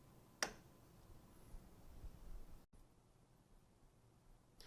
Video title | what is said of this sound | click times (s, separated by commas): Anesthesia breathing system troubleshooting | the flow sensors are seated fully and that the locking lever locks with a positive click in order | 0.4 s